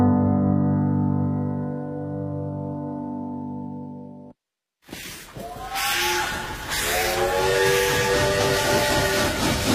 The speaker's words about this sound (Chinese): 伴随着这火车的汽笛声，开启我们今天城市文化范儿的访谈部分